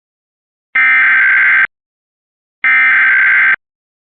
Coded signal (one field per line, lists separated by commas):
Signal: Emergency Alert System (SAME) tones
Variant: header bursts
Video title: Eas mock 2: Amber alert for all of florida on The OW 41